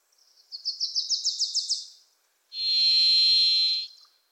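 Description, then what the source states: Varied thrush song: a steady, buzzy whistled note about a second long, after a Wilson's Warbler's quick run of rising chips. In forests of the Pacific Northwest, singing from deep within the trees; a Wilson's Warbler also singing.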